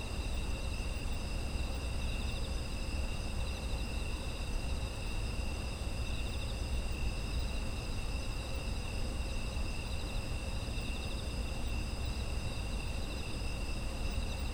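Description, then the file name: Insects chirring together, high sustained trills layered in steady bands, backed by an unchanging low rumble. Autumn insect ambient sound. "秋の虫の環境音"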